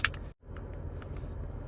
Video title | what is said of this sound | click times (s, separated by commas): 2017 - 2023 GMC Acadia How to replace key fob battery / remote | Now we're just going to get the two halves and push them together, starting at the top. You hear it click. | 0.1 s